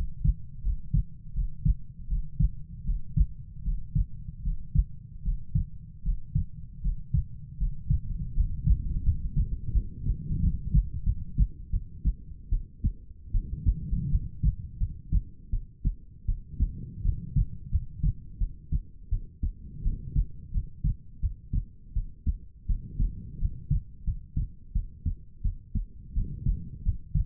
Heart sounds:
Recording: heart sounds by stethoscope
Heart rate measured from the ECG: 82 bpm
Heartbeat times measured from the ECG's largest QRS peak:
0.61 s: heartbeat
1.33 s: heartbeat
2.07 s: heartbeat
2.84 s: heartbeat
3.62 s: heartbeat
4.42 s: heartbeat
5.22 s: heartbeat
6.02 s: heartbeat
6.81 s: heartbeat
7.57 s: heartbeat
8.33 s: heartbeat
9.03 s: heartbeat
9.72 s: heartbeat
10.40 s: heartbeat
11.03 s: heartbeat
11.70 s: heartbeat
12.49 s: heartbeat
13.31 s: heartbeat
14.09 s: heartbeat
14.77 s: heartbeat
15.50 s: heartbeat
16.25 s: heartbeat
17.02 s: heartbeat
17.69 s: heartbeat
18.38 s: heartbeat
19.09 s: heartbeat
19.82 s: heartbeat
20.51 s: heartbeat
21.20 s: heartbeat
21.93 s: heartbeat
22.66 s: heartbeat
23.38 s: heartbeat
24.04 s: heartbeat
24.72 s: heartbeat
25.42 s: heartbeat
26.13 s: heartbeat
26.82 s: heartbeat
From the record:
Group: healthy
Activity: Valsalva maneuver 0-1 s, rest 1-27 s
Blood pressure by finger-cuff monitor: 76/57 mmHg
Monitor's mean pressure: 65 mmHg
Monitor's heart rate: 84 bpm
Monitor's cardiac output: 6.3 L/min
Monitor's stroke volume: 76 mL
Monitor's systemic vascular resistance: 730 dyn s/cm5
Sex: female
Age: 19 years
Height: 163 cm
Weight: 48.9 kg

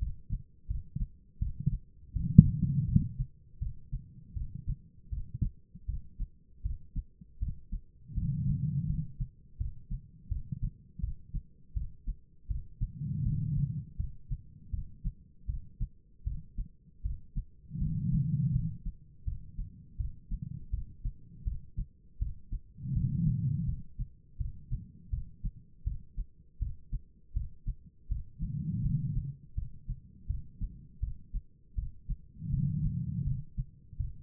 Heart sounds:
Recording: heart sounds by stethoscope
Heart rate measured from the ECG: 81 bpm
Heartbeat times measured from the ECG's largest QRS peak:
0.68 s: heartbeat
1.39 s: heartbeat
2.13 s: heartbeat
2.86 s: heartbeat
3.59 s: heartbeat
4.34 s: heartbeat
5.10 s: heartbeat
5.86 s: heartbeat
6.63 s: heartbeat
7.39 s: heartbeat
8.15 s: heartbeat
8.87 s: heartbeat
9.58 s: heartbeat
10.29 s: heartbeat
11.01 s: heartbeat
11.74 s: heartbeat
12.48 s: heartbeat
13.23 s: heartbeat
13.97 s: heartbeat
14.71 s: heartbeat
15.47 s: heartbeat
16.24 s: heartbeat
17.03 s: heartbeat
17.79 s: heartbeat
18.52 s: heartbeat
19.25 s: heartbeat
19.97 s: heartbeat
20.71 s: heartbeat
21.44 s: heartbeat
22.19 s: heartbeat
22.93 s: heartbeat
23.66 s: heartbeat
24.38 s: heartbeat
25.10 s: heartbeat
25.84 s: heartbeat
26.59 s: heartbeat
27.33 s: heartbeat
28.08 s: heartbeat
28.82 s: heartbeat
29.55 s: heartbeat
30.27 s: heartbeat
31.00 s: heartbeat
31.75 s: heartbeat
32.50 s: heartbeat
33.24 s: heartbeat
33.97 s: heartbeat
From the record:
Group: healthy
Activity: cold pressor test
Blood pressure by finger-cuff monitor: 160/108 mmHg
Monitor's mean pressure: 129 mmHg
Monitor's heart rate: 81 bpm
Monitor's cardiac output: 4.8 L/min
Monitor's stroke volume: 59 mL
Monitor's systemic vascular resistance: 2020 dyn s/cm5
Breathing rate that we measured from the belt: 12 breaths a minute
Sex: female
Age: 51 years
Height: 162 cm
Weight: 70.04 kg

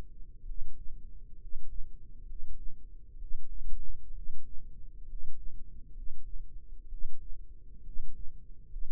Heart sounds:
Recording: heart sounds by microphone in the left ear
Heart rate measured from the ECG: 66 bpm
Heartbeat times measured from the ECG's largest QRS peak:
0.42 s: heartbeat
1.35 s: heartbeat
2.23 s: heartbeat
3.15 s: heartbeat
4.10 s: heartbeat
5.03 s: heartbeat
5.90 s: heartbeat
6.85 s: heartbeat
7.80 s: heartbeat
8.64 s: heartbeat
From the record:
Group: healthy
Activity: rest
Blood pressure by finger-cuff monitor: 101/56 mmHg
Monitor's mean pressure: 69 mmHg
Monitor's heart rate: 63 bpm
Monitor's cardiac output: 7.2 L/min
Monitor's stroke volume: 112 mL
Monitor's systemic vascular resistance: 670 dyn s/cm5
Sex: male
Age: 22 years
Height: 185 cm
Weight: 112.4 kg

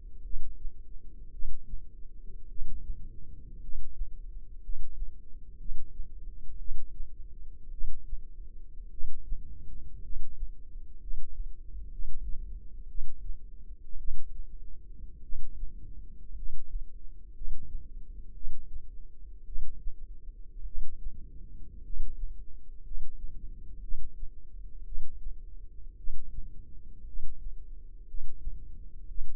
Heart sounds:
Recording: heart sounds by microphone in the left ear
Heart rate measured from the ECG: 56 bpm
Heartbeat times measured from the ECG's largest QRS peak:
0.22 s: heartbeat
1.30 s: heartbeat
2.47 s: heartbeat
3.59 s: heartbeat
4.60 s: heartbeat
5.56 s: heartbeat
6.57 s: heartbeat
7.69 s: heartbeat
8.89 s: heartbeat
10.00 s: heartbeat
10.98 s: heartbeat
11.89 s: heartbeat
12.86 s: heartbeat
13.96 s: heartbeat
15.20 s: heartbeat
16.33 s: heartbeat
17.32 s: heartbeat
18.32 s: heartbeat
19.44 s: heartbeat
20.63 s: heartbeat
21.81 s: heartbeat
22.81 s: heartbeat
23.79 s: heartbeat
24.83 s: heartbeat
25.95 s: heartbeat
27.04 s: heartbeat
28.05 s: heartbeat
29.06 s: heartbeat
From the record:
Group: healthy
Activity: rest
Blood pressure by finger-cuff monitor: 120/57 mmHg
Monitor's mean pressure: 77 mmHg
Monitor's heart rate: 55 bpm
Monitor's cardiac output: 5.8 L/min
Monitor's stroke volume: 102 mL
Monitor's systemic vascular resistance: 960 dyn s/cm5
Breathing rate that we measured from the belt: 10 breaths a minute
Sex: male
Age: 25 years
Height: 170 cm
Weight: 70.4 kg

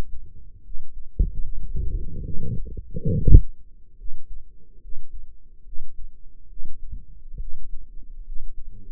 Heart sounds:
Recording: heart sounds by microphone in the right ear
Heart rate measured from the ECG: 71 bpm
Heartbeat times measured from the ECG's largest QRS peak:
0.62 s: heartbeat
1.39 s: heartbeat
2.21 s: heartbeat
3.08 s: heartbeat
3.95 s: heartbeat
4.79 s: heartbeat
5.63 s: heartbeat
6.47 s: heartbeat
7.38 s: heartbeat
8.23 s: heartbeat
From the record:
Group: healthy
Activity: rest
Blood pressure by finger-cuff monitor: 108/69 mmHg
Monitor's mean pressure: 81 mmHg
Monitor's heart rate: 71 bpm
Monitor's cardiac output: 5.7 L/min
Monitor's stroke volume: 79 mL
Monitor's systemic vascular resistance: 1040 dyn s/cm5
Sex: female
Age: 22 years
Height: 160 cm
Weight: 45 kg

